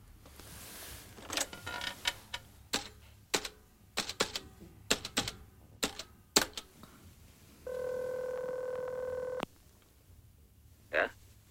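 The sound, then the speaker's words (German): A quick run of sharp, irregular clicks as a telephone is dialed, then a steady, buzzing ring tone holds for about two seconds before stopping, followed by one short final burst. “Da ist das Telefon.”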